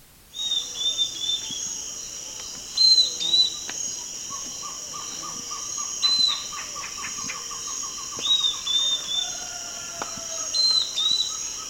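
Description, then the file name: Bird calls: bright whistled notes recur in small bursts, alongside runs of rapid low ticking pulses, over a constant shrill insect-like drone. "SABIOD 50 bird 2015"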